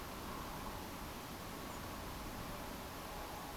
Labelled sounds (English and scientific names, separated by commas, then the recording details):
European Robin (Erithacus rubecula)
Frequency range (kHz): European Robin (Erithacus rubecula) 6.8-8.9 kHz
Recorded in France